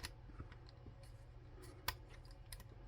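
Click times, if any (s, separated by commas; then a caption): 1.9 s, 2.5 s. Plastic side skirt panels are rotated into the body of a Transformers Studio Series The Movie 86 Thundercracker figure until they pop into place. Faint plastic ticks and handling sounds come first, then a sharp snap at 1.9 s and a second at 2.5 s as the skirts lock in, fully seated.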